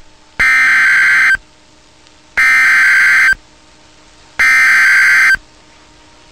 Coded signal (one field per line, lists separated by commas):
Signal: Emergency Alert System (SAME) tones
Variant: header bursts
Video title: Severe Thunderstorm Warning (EAS #434)